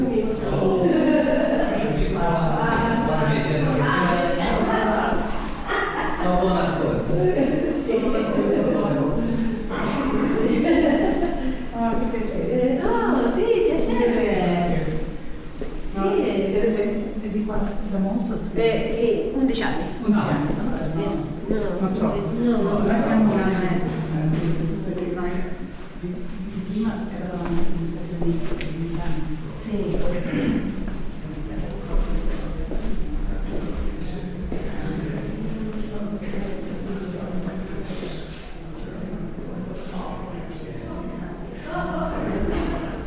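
Ambience inside York Minster cathedral: a steady murmur of overlapping voices, mostly talking, continues throughout over a constant low hum.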